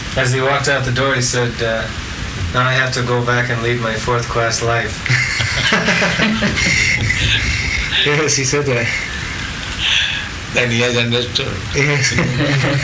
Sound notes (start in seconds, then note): 5.0 laughter; 9.2 laughing